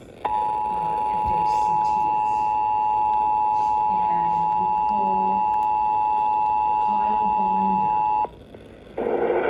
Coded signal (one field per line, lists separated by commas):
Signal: Emergency Alert System (SAME) tones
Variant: 853 and 960 Hz attention tone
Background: speech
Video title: New Jersey Required Monthly Test on WCMC-AM (July 20, 2021) (EAS #142)